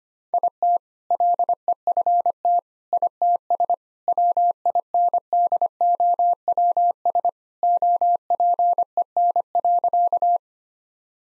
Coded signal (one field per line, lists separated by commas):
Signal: Morse code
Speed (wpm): 25 wpm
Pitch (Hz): 700 Hz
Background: none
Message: IT LEFT ITS WINDOWS OPEN.